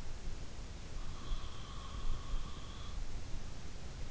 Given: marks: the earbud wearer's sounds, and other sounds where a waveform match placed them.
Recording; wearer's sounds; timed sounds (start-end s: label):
sounds in sleep by an in-ear microphone; breath
1.08-3.34 s: breath